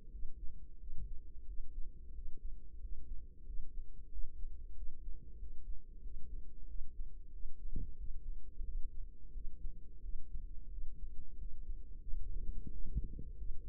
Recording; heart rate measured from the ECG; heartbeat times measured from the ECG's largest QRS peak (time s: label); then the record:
heart sounds by microphone in the right ear; 90 bpm
0.08 s: heartbeat
0.76 s: heartbeat
1.43 s: heartbeat
2.11 s: heartbeat
2.77 s: heartbeat
3.43 s: heartbeat
4.08 s: heartbeat
4.72 s: heartbeat
5.35 s: heartbeat
5.99 s: heartbeat
6.64 s: heartbeat
7.28 s: heartbeat
7.94 s: heartbeat
8.62 s: heartbeat
9.30 s: heartbeat
9.99 s: heartbeat
10.67 s: heartbeat
11.35 s: heartbeat
12.02 s: heartbeat
12.68 s: heartbeat
13.34 s: heartbeat
From the record:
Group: healthy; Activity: cold pressor test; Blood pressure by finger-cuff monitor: 129/80 mmHg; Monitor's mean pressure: 100 mmHg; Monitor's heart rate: 88 bpm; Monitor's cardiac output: 7.2 L/min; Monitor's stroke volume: 81 mL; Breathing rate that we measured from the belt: 19 breaths a minute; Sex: female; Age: 32 years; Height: 172 cm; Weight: 71.7 kg